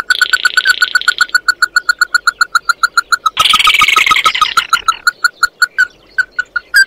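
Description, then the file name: Bird calls: a steady stream of quick ringing notes, interrupted midway by a loud harsh buzzy burst, then resuming. "Tieng chim mat do"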